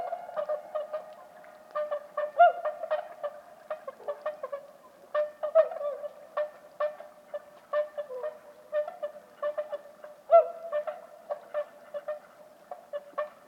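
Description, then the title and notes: Bewick's swans in a flock, many soft honks and yelping notes overlapping continuously, with occasional louder calls standing out. About forty birds calling softly at a night roost, Lac du Der, Champagne, France, 6 January 2019, after 2 a.m., in fog and light drizzle; sentinels take turns; MKH20 pair and Nagra Seven. "Lac du DER. Cygnes de Bewick (Cygnus bewicki)"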